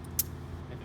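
A metal handcuff's double lock is engaged by pushing the small pin on the end of a handcuff key straight down into the double-lock slot. A small, sharp click sounds at 0.2 s over a steady low background hum. The double lock seats and is engaged.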